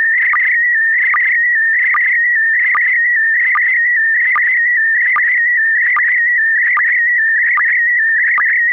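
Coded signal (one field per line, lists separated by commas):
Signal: SSTV (slow-scan television)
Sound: warbling tone around 2 kHz with short lower blips repeating under a second apart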